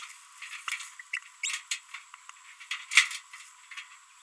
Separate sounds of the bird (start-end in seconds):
1.13-1.19, 1.43-1.60